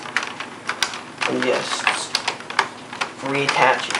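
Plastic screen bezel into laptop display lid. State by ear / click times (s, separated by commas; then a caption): not seated / none. A plastic screen bezel is handled and pressed back toward the display lid of a Dell Inspiron 1545 laptop, giving a series of sharp plastic taps and clicks while someone talks. The clip ends before the bezel goes home, and nothing has seated or clicked into place yet.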